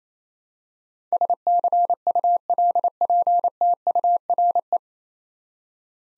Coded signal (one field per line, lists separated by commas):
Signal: Morse code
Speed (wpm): 28 wpm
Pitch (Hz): 700 Hz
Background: none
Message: SCULPTURE